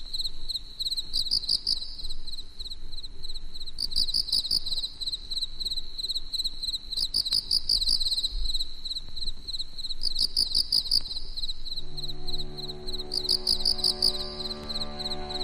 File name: エンマコオロギ